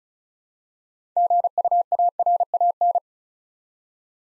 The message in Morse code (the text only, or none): GUARAN